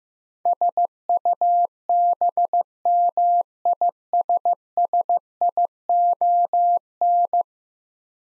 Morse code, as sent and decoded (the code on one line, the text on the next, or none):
... ..- -... -- .. ... ... .. --- -.
SUBMISSION